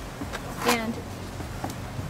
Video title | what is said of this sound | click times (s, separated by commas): 2012 Uppababy Vista Full Review with rumble seat and bassinet | just tilt back in it locks in place and | 0.4 s